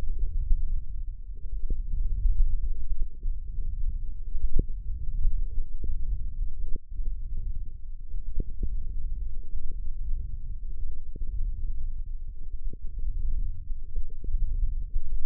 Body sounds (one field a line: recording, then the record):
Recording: forearm muscle sounds (acoustic myography)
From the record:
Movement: hand opening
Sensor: system 1, eight BSWA MPA416 microphones around the upper forearm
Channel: 6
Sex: male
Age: 18 years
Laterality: right